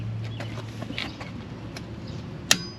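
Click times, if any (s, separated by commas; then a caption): 2.5 s. A click-type torque wrench set to 50 foot-pounds, fitted on an extension, tightens a lug nut on a van's rear wheel. Evenly spaced ratcheting ticks over a low background hum give way to a strong, sharp click at 2.5 s. The wrench clicks at its setting, showing the lug nut has reached the set torque.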